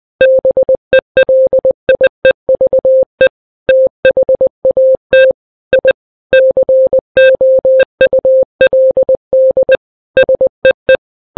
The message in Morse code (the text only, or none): BELIEVE THAT I COULD SEE